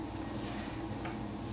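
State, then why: Not seated. A cylinder head is held and lined up over the engine block's dowel pins, handled carefully so the head gasket is not scratched before the head is set down. Only a steady low hum is heard, and the head has not yet seated or clicked into place.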